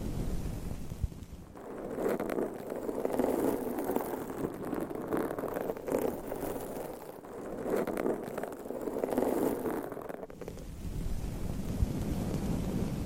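Nails scratch across a microphone cover in a dense, continuous rustling rub, heavy in the low and middle range with a softer hiss above. The scratching swells and eases in waves every few seconds, with brief pauses near 1.5, 7 and 10.5 seconds.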